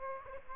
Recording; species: mosquito wingbeat signal from an infrared sensor; Aedes aegypti